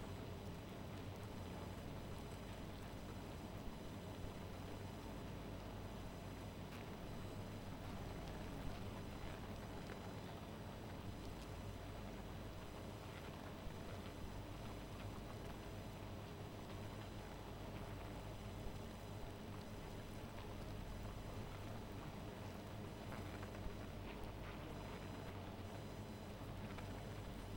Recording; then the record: honeybee colony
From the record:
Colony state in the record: missing queen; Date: 14 July 2017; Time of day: 0:30